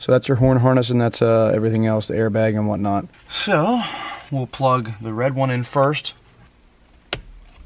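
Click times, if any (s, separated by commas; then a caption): 7.1 s. Someone talks about the wiring while installing a carbon fiber racing steering wheel on a Camaro ZL1, then the red horn harness connector is pushed into its steering wheel airbag/horn socket. A sharp snap at 7.1 s marks the connector seating.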